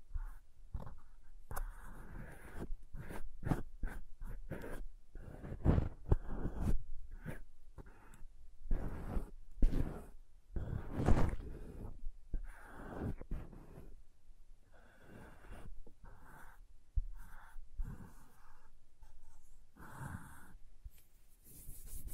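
Crayons tap, scrape and cut against paper in quick, irregular bursts, with sharp clicks landing several times a second. Scratchy drawing strokes fill the gaps, and a few louder knocks stand out near six and eleven seconds.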